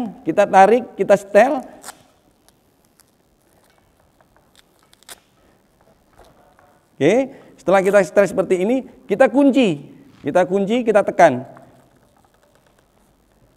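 The cylinder strap clamp on an SCBA breathing apparatus backplate is pulled and adjusted around the cylinder. Someone talks, and soft, short adjustment clicks and taps are heard between about 2.5 and 5.1 seconds, with faint rustling near 12.2 to 12.8 seconds. The clamp has not been pressed shut or locked yet, so nothing has clicked into place.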